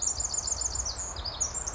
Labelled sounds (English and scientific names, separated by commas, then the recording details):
Pacific Wren (Troglodytes pacificus)
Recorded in Sonoma County, California